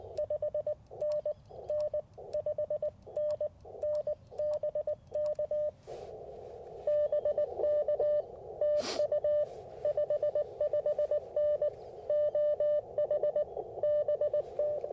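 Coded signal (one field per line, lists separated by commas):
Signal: Morse code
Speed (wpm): 20 wpm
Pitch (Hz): 600 Hz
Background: none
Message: 5NN 5NN BK BK TU 55N OH BT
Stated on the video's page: QRP CW Parks on the Air activation on a WARC band from a national forest, Icom IC-705 with Chelegance MC-750 antenna.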